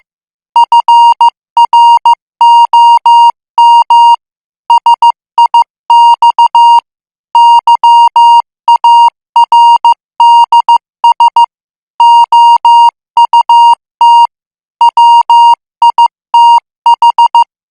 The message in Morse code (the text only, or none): FROM SIX YARDS OUT WITH